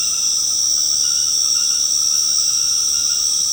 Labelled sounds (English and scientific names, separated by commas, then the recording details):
none
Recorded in secondary vegetation near Puerto Asís, Putumayo, Colombia, on 19 March 2025 at 21:00
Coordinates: 0.485, -76.322
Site G040